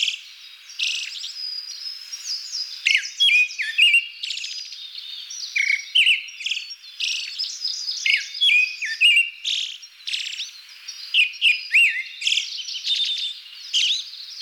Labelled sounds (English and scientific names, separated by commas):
Pale Thrush (Turdus pallidus) song